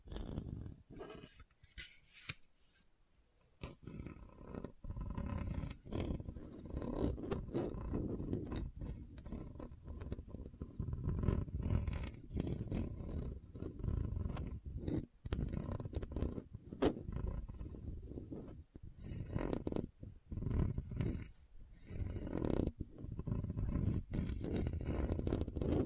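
Scratching over a hard, bumpy surface, a coarse low rasping that runs almost continuously after a near-silent start of about three seconds. The strokes come in rough, uneven pulses with short gaps, scattered sharp clicks and knocks cutting through at irregular moments.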